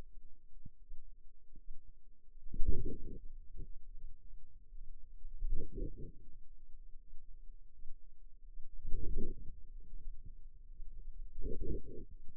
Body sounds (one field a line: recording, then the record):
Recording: forearm muscle sounds (acoustic myography)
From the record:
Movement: wrist extension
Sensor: system 2, bracelet of six BSWA MPA416 microphones around the upper forearm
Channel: 2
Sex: female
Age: 23 years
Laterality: right